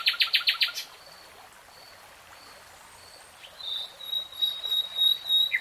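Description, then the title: Nightingale song: a burst of rapid pulsed notes, a quiet gap, then sustained high whistled tones rising in loudness. Singing, from a 3-hour real-time recording. "[Tiếng chim hót] REALTIME Nightingale Singing"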